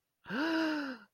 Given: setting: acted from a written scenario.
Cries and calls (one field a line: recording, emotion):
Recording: vocal sound without words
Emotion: negative surprise